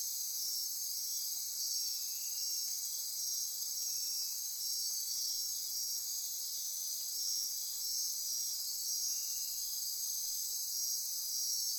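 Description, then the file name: Insect chorus of constant high-pitched trilling and shimmering, with softer short buzzy notes popping out now and then below the main drone. Midnight insect chorus near Corcovado. "Wind-is-the-Original-Radio-Fridays 20240628 Andy-Martin Midnight-Insect-Chorus-Near-Corcovado"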